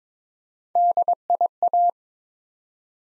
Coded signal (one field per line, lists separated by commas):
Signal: Morse code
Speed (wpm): 23 wpm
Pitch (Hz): 700 Hz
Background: none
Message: DIA